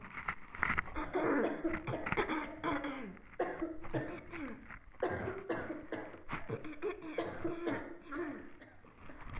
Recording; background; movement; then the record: throat clearing; a bystander coughing; sitting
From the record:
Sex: female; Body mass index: 18.3 kg/m2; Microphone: on the chest, facing the body